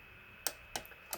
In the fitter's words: 딸깍 하는 소리 나면서 이제